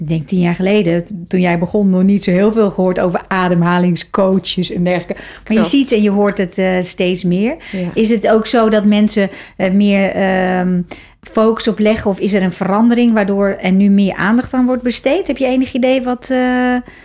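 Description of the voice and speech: A woman speaks fluent conversational Dutch at a steady pace in a medium-pitched, clear voice, asking a question with a few everyday fillers like "eh" and "ehm". Her articulation and rhythm are ordinary, with no sign of a speech disorder.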